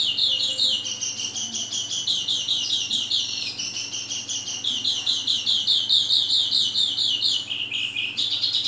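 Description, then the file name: Oriental skylark pouring out a continuous rapid trilling, chattering song that stays high and varied throughout, with a faint background hum. Vietnam. "suara kicauan sonca branjangan vietnam. omkicau"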